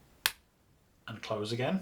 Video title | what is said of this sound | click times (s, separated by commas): Assembling Your Foldscope | pop open the lid | 0.3 s